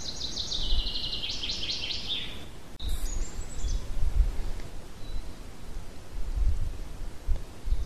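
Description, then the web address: Birdsong opens with a rapid, high chirping trill lasting over two seconds, then a few faint thin whistles amid a constant low rumble. Pine forest at Ardenno. "ardenno uccelli pineta"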